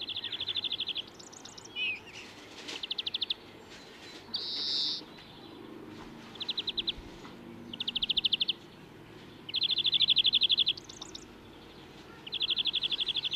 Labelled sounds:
European Greenfinch (Chloris chloris) song

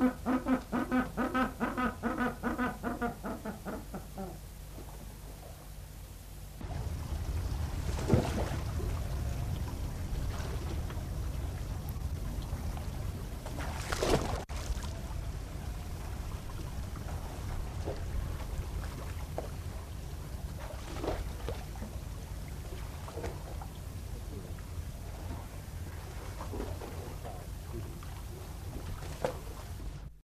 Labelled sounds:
Southern Rockhopper Penguin (Eudyptes chrysocome) call

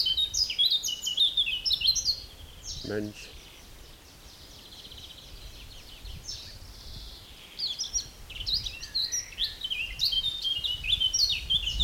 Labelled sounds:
Eurasian Blackcap (Sylvia atricapilla)

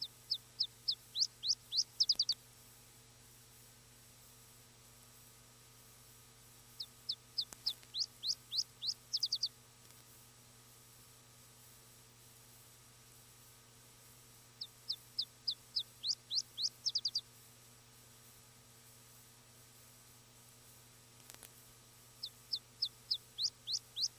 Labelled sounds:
Iberian Chiffchaff (Phylloscopus ibericus) song

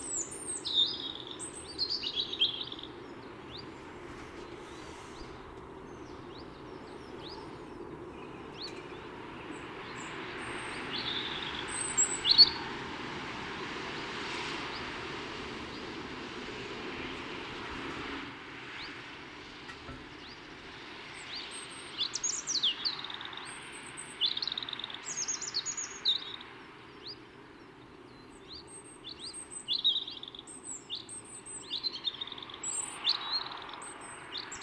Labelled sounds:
European Robin (Erithacus rubecula) song

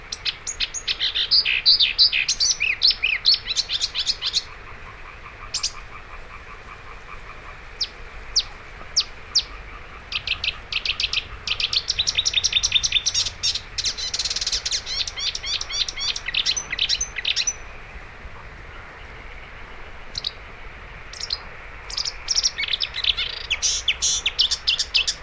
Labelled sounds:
Marsh Warbler (Acrocephalus palustris) song

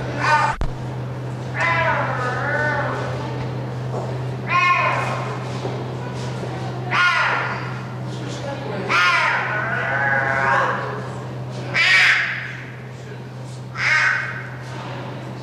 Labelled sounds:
Clouded Leopard (Neofelis nebulosa)

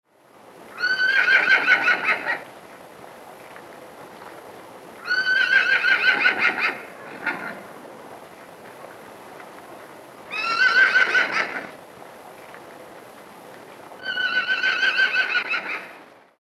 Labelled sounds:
Horse (Equus caballus)

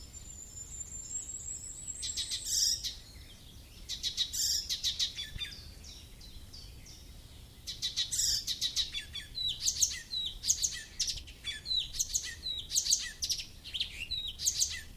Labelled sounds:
Icterine Warbler (Hippolais icterina) song

